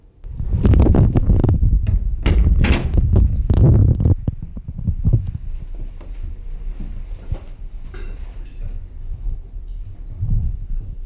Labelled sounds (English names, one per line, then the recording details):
Chimpanzee
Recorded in captivity
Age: adult
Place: Zoo Leipzig, Sachsen, DE
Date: 1965-03-26 17:45
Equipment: Magnetophon 300, Transistorverstärker, Sennheiser MD 421
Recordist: Tembrock, Günter